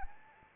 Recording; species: mosquito wingbeat signal from an infrared sensor; Anopheles arabiensis